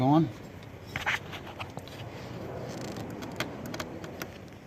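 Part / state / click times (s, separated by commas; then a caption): fuel line quick-connect onto fuel filter housing / not seated / none. A fuel line quick-connect fitting is pushed onto the fuel filter housing of a 2011–2016 Ford 6.7-liter Powerstroke diesel truck, the clip is put down, and the line is pull-tested. Someone talks briefly at the start, followed by short metallic clicks and taps over a low background hum. The fitting fails to latch, so nothing has seated or clicked yet.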